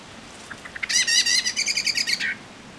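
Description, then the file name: Common blackbird giving a rapid harsh chattering series, a few soft clicks first, then many stacked scratchy notes that end abruptly. "Turdus merula"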